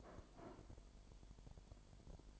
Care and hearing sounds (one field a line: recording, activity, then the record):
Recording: daily activity, microphone in the room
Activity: place plate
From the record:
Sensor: 5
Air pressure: 1002.1 hPa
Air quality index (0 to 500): 225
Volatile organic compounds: 28 ppm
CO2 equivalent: 2920 ppm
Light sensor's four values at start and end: 10/24/10/11 and 10/24/10/11